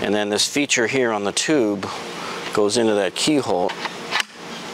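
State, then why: Seated. A keyed plastic blower tube is lined up with the key hole and pushed onto the nozzle mount of a Dewalt cordless leaf blower while someone talks. A sharp snap is heard at 4.2 seconds as the tube seats and locks into place.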